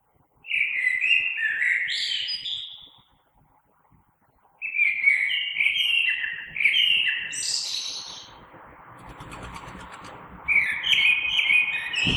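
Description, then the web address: Common blackbird singing three flowing warbled phrases with rising high notes; a burst of rustling noise accompanies the later part. Recorded 3 March 2020. "oiseaux Merle 2020 03 03"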